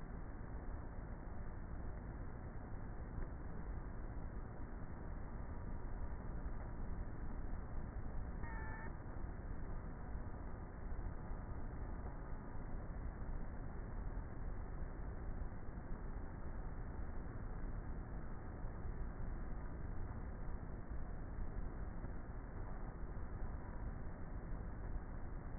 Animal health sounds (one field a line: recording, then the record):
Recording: honeybee colony, microphone inside the hive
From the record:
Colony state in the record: queenless with a low population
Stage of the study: before two queens were removed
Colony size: about 30,000 bees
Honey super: no